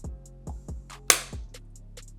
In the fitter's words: I love how that snaps back in place, just like the real ones.